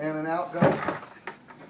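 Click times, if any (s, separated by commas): 1.3 s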